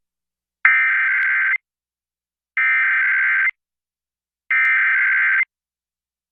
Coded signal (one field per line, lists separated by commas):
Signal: Emergency Alert System (SAME) tones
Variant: header bursts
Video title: [EAS #2025-#2029] The First San Diego Monthly Tests & KPWR Weekly Test for 2023